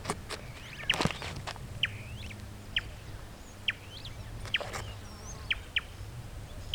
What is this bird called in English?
Superb Starling